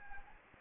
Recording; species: mosquito wingbeat signal from an infrared sensor; Anopheles gambiae